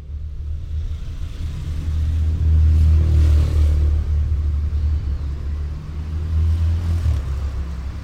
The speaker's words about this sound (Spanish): Enciende el motor rápido y saca el auto del garage. Sale del auto. Cierra con doble llave la puerta del garage. Vuelve al auto y pone seguros en todas las puertas. Pisa el acelerador. Y se va.